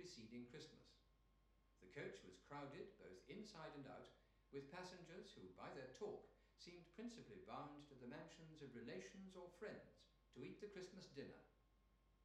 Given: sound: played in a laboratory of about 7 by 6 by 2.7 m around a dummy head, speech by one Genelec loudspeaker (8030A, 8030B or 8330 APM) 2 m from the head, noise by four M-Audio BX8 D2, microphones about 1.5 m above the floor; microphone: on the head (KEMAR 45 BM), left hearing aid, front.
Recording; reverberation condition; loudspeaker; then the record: male speech in English; medium; in front (0 degrees)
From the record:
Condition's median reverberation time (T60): about 510 ms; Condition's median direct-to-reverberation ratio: about -0.5 dB